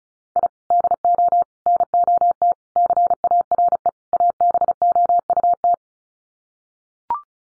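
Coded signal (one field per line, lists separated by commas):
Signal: Morse code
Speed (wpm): 34 wpm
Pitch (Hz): 700 Hz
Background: none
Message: I DO NOT CARE ABOUT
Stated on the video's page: Computer-generated Morse head-copy drill of common five-word groups at 35 wpm; each set sent, spoken, then sent again.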